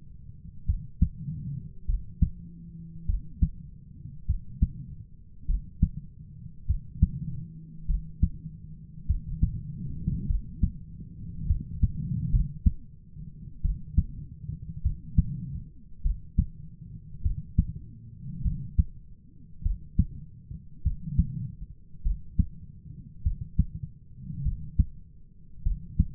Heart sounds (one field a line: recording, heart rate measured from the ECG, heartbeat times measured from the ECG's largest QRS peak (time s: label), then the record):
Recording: heart sounds by stethoscope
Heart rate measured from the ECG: 50 bpm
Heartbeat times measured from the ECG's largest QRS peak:
0.64 s: heartbeat
1.84 s: heartbeat
3.04 s: heartbeat
4.24 s: heartbeat
5.45 s: heartbeat
6.65 s: heartbeat
7.85 s: heartbeat
9.05 s: heartbeat
10.25 s: heartbeat
11.45 s: heartbeat
12.29 s: heartbeat
13.60 s: heartbeat
14.80 s: heartbeat
16.01 s: heartbeat
17.21 s: heartbeat
18.41 s: heartbeat
19.61 s: heartbeat
20.81 s: heartbeat
22.01 s: heartbeat
23.21 s: heartbeat
24.41 s: heartbeat
25.61 s: heartbeat
From the record:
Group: heart failure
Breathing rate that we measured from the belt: 21 breaths a minute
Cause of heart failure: dilated cardiomyopathy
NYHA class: 3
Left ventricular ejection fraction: 27%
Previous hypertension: present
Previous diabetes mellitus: present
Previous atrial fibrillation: present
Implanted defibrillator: present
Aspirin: present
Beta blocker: bisoprolol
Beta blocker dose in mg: 1.25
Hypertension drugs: sacubitril-valsartan, spironolactone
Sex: female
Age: 39 years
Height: 170 cm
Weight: 64 kg